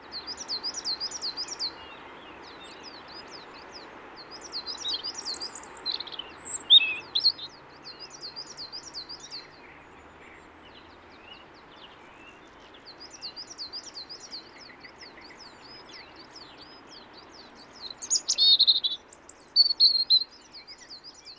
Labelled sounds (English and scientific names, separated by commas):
European Robin (Erithacus rubecula) song